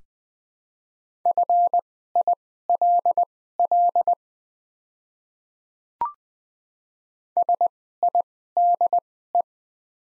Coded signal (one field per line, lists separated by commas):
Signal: Morse code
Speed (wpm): 20 wpm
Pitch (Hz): 700 Hz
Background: none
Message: FILL SIDE